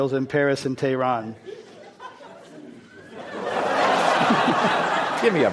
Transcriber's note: laughter